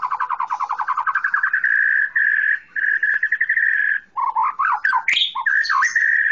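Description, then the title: Oriental magpie-robin song: a fast run of repeated chirps rising in pitch, then steady buzzy trills, ending in varied whistled notes and rapid twittering. "Kicau Kacer"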